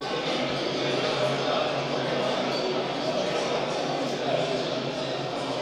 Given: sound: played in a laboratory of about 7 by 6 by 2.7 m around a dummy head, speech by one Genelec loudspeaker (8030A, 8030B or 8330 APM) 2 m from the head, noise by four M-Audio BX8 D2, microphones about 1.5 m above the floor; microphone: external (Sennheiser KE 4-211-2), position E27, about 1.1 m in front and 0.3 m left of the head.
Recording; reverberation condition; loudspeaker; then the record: cafeteria noise; high; four, about 170 cm from the corners of the room and facing them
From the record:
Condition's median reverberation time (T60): about 1300 ms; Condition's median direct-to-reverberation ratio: about -4.0 dB